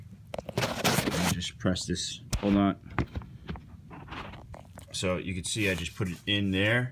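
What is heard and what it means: A bassinet frame tube is handled at its plastic corner connector while someone talks, with a few short taps and knocks from the parts. Nothing has snapped or seated yet by the end of the clip.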